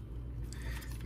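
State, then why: Seated. Plastic shin panels on a transforming robot action figure (Transformers Legacy United Vector Prime) are brought up and snapped into place on the legs, giving a sharp plastic click at 0.5 s over low handling noise, with a fainter tick near 1.0 s. The shin panels are seated.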